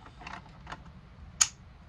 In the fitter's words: So as you hear, that just clicked in.